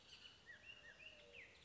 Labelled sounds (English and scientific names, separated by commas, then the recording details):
Bullock's Oriole (Icterus bullockii)
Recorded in Sonoma County, California